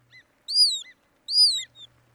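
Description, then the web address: Hudsonian Godwit giving two high, sharp, descending whistles, with a few short fainter notes around them, against near silence. "BIRD NOTE. Hudsonian Godwit"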